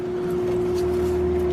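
A second fuel line quick-connect is handled at the pump-side fuel line during a FASS 165 install on an LBZ, to be pushed on until it clicks. A steady hum with a constant mid-low tone runs throughout. Nothing has seated or clicked yet when the clip ends.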